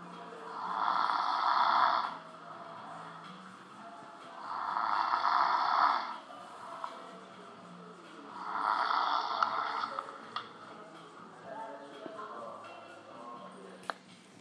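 An adult snoring in sleep.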